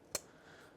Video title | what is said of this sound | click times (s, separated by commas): 2011 FORD EXPEDITION - FRONT ROTOR & PADS REPLACEMENT - TUTORIAL HOW TO | till you hear that little click. Now, that one's in. | 0.1 s